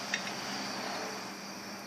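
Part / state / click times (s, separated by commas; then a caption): wiring harness plug into tail light housing fitting / seated / 0.1 s. A factory wiring harness plug is pushed into the fitting on a reproduction tail light housing for a 1969 El Camino. A short, sharp click is heard at 0.1 s over a steady background hiss. The plug locks in place in the fitting.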